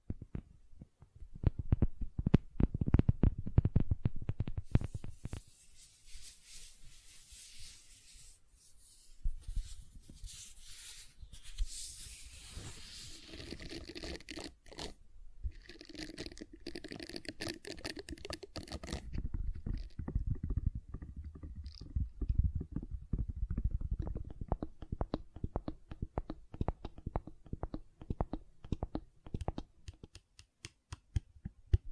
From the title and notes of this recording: ASMR Gentle Silicon Sounds for Sleep (No Talking).